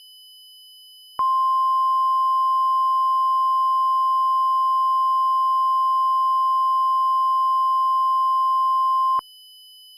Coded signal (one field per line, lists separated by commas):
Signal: Emergency Alert System (SAME) tones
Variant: 1050 Hz attention tone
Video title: EAS - California Tornado Trouble